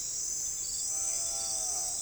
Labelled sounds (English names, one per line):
none